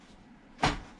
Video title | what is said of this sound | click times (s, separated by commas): Volcano Microwave Cleaner Review | Did y'all hear that? It like snap. Yep, it snaps. | 0.6 s